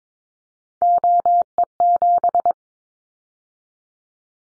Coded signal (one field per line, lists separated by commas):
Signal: Morse code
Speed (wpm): 22 wpm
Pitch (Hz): 700 Hz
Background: none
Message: OE7